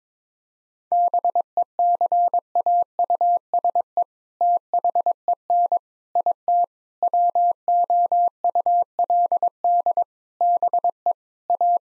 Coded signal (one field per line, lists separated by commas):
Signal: Morse code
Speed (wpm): 22 wpm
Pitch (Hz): 700 Hz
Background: none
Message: BECAUSE THEN IT WOULD BE A